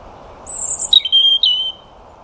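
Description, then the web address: European robin singing one short phrase: a high thin whistle dropping to a lower sustained wavering note, clear over faint background hiss. "Deverinetal 2025 File origin Bird Only Er Ru"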